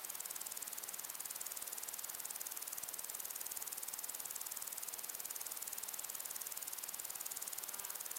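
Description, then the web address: Crickets in a steady, rapid, high-pitched chorus of even pulses, with a soft hiss underneath throughout. Crickets with other insects, in long grass on a windy day. "beanstalk-audio Crickets and insects in windy long grass"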